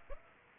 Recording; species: mosquito wingbeat signal from an infrared sensor; Aedes aegypti